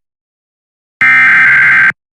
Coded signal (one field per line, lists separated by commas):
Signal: Emergency Alert System (SAME) tones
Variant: header bursts